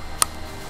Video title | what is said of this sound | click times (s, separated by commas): How To Light Paint With A DRONE | You really wanna make sure that it clicks and locks in. | 0.2 s